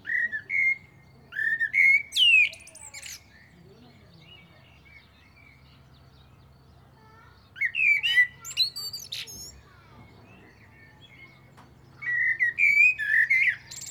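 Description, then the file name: Common blackbird delivering three song phrases of fluty whistles and sharp high-pitched chatter, separated by quiet gaps. "Turdus merula"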